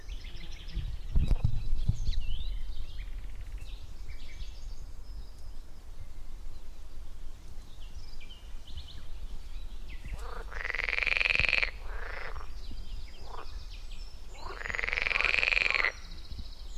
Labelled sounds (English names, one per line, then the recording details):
Edible Frog call
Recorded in the wild
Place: Mühlenbecker Land, OT Buchhorst, Naturpark Barnim, Brandenburg, DE
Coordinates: 52.6733, 13.3925
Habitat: pond
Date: 1991-06-09 12:18
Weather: Luft: 21 °C, Wasser: 18,0 °C
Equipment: Uher 4000 Report Monitor, Sennheiser ME 80, K 30 AV, Original
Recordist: Frommolt, Karl-Heinz